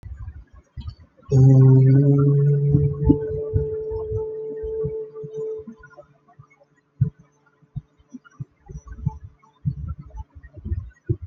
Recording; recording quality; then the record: sustained vowel as in boot; excellent, no background noise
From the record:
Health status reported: exposed to COVID-19, no respiratory illness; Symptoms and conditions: fever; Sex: male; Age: 25 years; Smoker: not ticked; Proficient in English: yes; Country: India